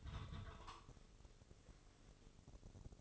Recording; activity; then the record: daily activity, microphone in the room; take from stove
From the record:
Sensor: 4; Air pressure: 996.1 hPa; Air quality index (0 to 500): 73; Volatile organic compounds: 3 ppm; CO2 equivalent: 1348 ppm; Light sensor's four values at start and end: 18/50/19/21 and 18/50/19/20